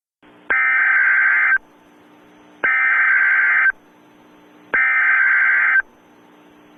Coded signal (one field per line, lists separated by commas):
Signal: Emergency Alert System (SAME) tones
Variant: header bursts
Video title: REQUIRED WEEKLY TEST (EAS ALERT 127)